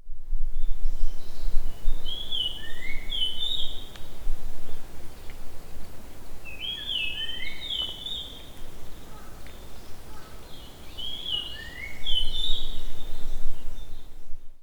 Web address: bird song ikaru